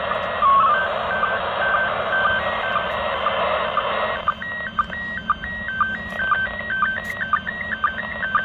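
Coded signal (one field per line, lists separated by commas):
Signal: SSTV (slow-scan television)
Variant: PD120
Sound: faint steady whistle with regular short lower blips twice a second, under hiss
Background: radio static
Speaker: so you can see here how it actually decoded a picture no cables no nothing it decoded the mode it actually detected the mode pd-120 by itself and even if it's not perfect kind of a neat picture still received from the international space station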